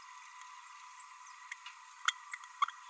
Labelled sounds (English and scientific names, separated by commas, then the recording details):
Green-rumped Parrotlet (Forpus passerinus) babbling
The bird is a male
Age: 29 days
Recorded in a nest box in Venezuela
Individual 17B32A6